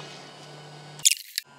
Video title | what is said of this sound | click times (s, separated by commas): A OMORÂT MONDEO, e cea mai VÂNDUTĂ, mai IEFTINĂ decât TUCSON, FORD KUGA de 225 CAI și 4.9 l/100 km | Bun. A apărut și cârligul. Bun, acum s-a fixat. | 1.1 s, 1.4 s